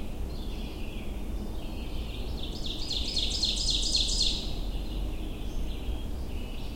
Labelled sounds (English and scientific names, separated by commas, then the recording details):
Ovenbird (Seiurus aurocapilla) song
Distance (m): 30 m
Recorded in boreal forest in Alberta, Canada, on 22 June 2016 at 07:26
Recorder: SongMeter 3, array SBT-6-76
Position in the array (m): 14 m, 118 m
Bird 2